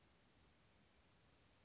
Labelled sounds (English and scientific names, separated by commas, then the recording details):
Western Flycatcher (Empidonax difficilis)
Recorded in Sonoma County, California